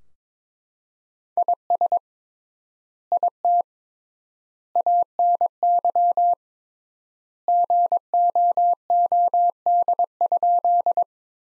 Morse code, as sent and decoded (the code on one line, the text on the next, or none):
.. ... / .. - / .- -. -.-- / --. --- --- -.. ..--..
IS IT ANY GOOD?